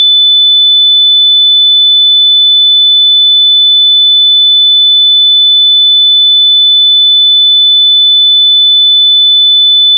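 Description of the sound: A steady, pure high-pitched whistle at about 3500 Hz holds unchanged for the full ten seconds, with no other sound. It is a simulated tinnitus test tone for pitch matching, used to identify the frequency of a person's ringing in the ears.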